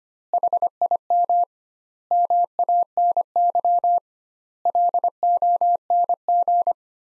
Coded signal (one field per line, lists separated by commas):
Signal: Morse code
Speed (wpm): 25 wpm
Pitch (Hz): 700 Hz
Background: none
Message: HIM MANY LONG